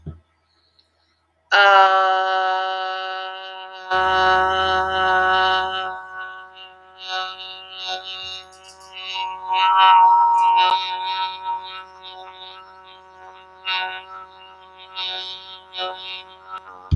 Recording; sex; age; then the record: vowel held as long as possible; female; 20 to 29 years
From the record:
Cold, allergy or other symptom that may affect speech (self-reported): no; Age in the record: 29 years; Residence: Florida, United States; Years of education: 13